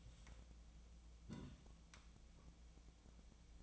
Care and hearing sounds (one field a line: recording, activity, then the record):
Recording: daily activity, microphone in the room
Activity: take from stove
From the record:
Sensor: 1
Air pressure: 1010.0 hPa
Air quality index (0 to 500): 187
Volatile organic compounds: 17 ppm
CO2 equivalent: 2573 ppm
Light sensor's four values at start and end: 38/96/40/49 and 38/96/40/49